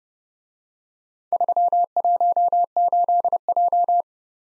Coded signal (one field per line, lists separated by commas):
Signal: Morse code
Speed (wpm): 29 wpm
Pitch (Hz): 700 Hz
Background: none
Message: 318J